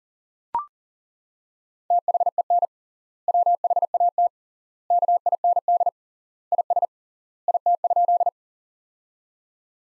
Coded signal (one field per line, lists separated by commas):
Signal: Morse code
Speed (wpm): 40 wpm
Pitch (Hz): 700 Hz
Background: none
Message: THEN WHAT KIND IS IT?